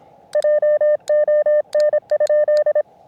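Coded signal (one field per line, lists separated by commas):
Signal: Morse code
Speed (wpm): 26 wpm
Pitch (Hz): 600 Hz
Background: none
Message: JON?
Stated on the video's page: CW during a summit (SOTA) activation, sent with a Zippy Paddle on an Elecraft KX2.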